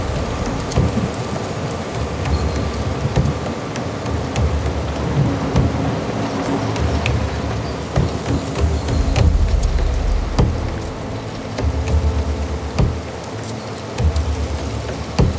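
Wind and weather on the Hochgern: a steady, dense rumble and roar with gusts swelling around the middle, plus scattered sharp clicks and taps.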